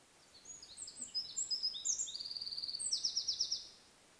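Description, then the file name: Eurasian wren song: a rapid outpouring of very high trills and tinkling notes, ending in a fast rattling trill, lasting about three seconds. "Troglodytes troglodytes"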